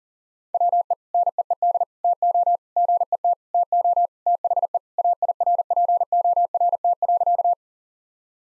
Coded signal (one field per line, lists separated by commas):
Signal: Morse code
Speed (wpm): 40 wpm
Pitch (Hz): 700 Hz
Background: none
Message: WE NEED TO GET TO THE AIRPORT.